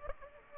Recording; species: mosquito wingbeat signal from an infrared sensor; Aedes aegypti